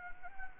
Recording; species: mosquito wingbeat signal from an infrared sensor; Anopheles arabiensis